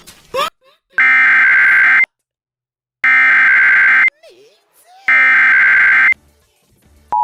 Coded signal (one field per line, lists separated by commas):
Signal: Emergency Alert System (SAME) tones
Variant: header bursts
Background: speech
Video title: VioletStudio CONCEPT #1: SOFTWARE EAS RELAYS